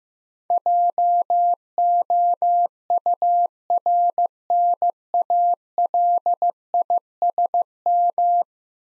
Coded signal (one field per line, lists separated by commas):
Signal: Morse code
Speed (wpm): 15 wpm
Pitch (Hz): 700 Hz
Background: none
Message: JOURNALISM